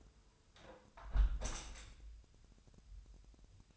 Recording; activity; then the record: daily activity, microphone in the room; close window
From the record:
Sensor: 2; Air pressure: 1014.8 hPa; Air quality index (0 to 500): 28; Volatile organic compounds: 1 ppm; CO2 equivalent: 518 ppm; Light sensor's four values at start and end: 9/20/8/8 and 8/19/8/8